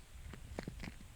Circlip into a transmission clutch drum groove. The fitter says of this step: once I got to here it should just snap